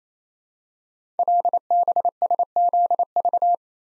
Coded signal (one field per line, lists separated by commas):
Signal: Morse code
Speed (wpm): 28 wpm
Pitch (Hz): 700 Hz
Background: none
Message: LBSZV